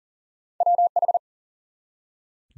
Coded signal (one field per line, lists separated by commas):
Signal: Morse code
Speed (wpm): 40 wpm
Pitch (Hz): 700 Hz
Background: none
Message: WH